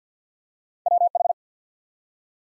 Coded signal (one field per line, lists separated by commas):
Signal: Morse code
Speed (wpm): 50 wpm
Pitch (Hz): 700 Hz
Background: none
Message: WH